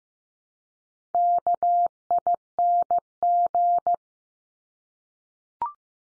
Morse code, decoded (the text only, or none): KING